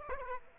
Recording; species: mosquito wingbeat signal from an infrared sensor; Aedes aegypti